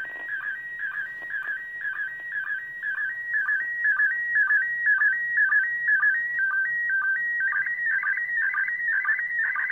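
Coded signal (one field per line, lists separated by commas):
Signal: SSTV (slow-scan television)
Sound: warbling, stepping electronic tone with a rhythmic low chirp about twice a second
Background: radio static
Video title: ISS SSTV 20 Years ARISS Part 6! 27.12.2020!🎅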